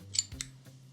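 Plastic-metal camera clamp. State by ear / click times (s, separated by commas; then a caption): released / 0.2 s, 0.4 s. Someone presses the lock/unlock button on a PGYTech camera quick-release clamp base, producing sharp clicks at 0.2 s and 0.4 s over a steady low hum. The mounting plate unlocks and comes out of the clamp.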